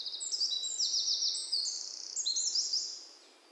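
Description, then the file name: Eurasian wren pouring out a fast, shrill series of trills and rattling notes, switching between high and slightly lower phrases for about three seconds. "Troglodytes troglodytes"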